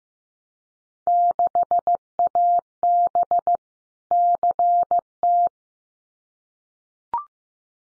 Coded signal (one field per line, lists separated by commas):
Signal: Morse code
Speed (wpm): 15 wpm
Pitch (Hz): 700 Hz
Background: none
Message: 6AB CT